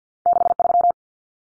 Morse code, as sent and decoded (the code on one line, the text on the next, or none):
-.... ...--
63